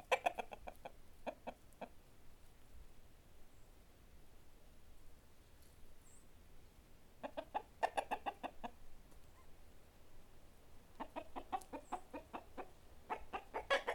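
Chickens give three separate bursts of rapid, choppy clucking, with quiet gaps between them.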